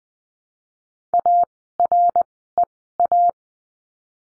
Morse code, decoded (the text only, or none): AREA